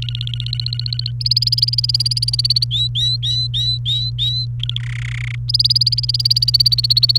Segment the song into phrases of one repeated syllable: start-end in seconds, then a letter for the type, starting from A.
0.02-1.11 A, 1.20-2.64 B, 2.71-4.46 C, 4.59-4.78 A, 4.80-5.35 D, 5.48-7.18 B